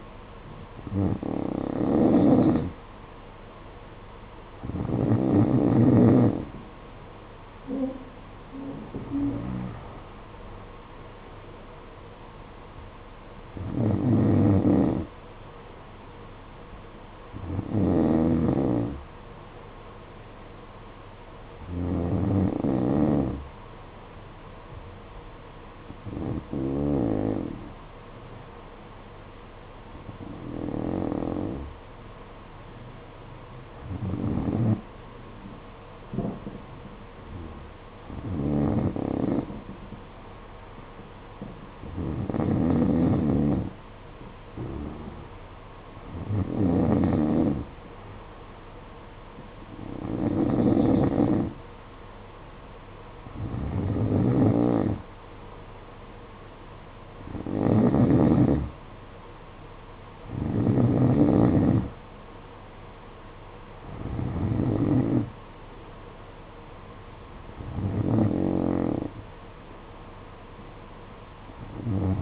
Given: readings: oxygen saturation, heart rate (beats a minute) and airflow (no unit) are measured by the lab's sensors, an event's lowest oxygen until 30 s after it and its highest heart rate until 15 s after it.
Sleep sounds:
breathing in sleep by a voice recorder at the bedside; none
none scored
From the record:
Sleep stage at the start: N2 (light sleep); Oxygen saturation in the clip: 91 to 93%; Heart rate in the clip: 51 to 62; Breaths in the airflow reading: 18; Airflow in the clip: -11.0 to 9.0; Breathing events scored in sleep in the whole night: 476 in 9.7 hours asleep

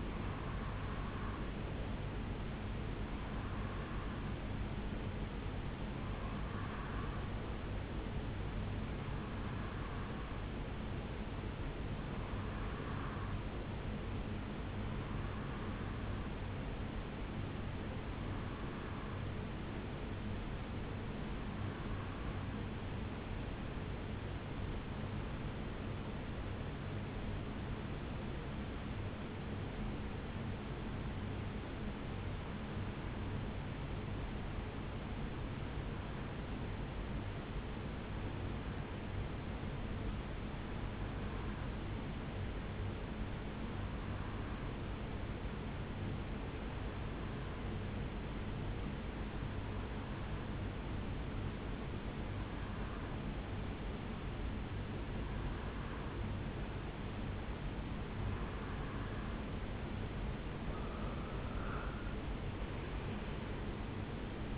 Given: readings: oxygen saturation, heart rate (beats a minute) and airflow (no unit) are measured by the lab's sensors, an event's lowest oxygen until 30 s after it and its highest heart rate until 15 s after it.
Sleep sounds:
breathing in sleep by a voice recorder at the bedside; 1
7.00-64.58 s: new sleep stage, REM sleep
14.00-58.30 s: hypopnea (REM, oxygen 92% highest, then 86% lowest, heart rate 67 at the start, 76 highest)
From the record:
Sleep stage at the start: N2 (light sleep); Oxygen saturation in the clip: 87 to 92%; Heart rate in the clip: 64 to 77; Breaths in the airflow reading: 22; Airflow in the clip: -11.4 to 5.4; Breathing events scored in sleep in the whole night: 449 in 7.0 hours asleep

